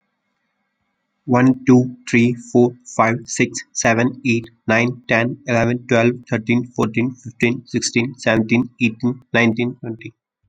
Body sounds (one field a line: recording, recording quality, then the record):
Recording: counting at a fast pace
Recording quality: excellent, no background noise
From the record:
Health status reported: recovered from COVID-19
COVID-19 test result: negative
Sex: male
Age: 24 years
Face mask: not worn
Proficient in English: yes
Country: India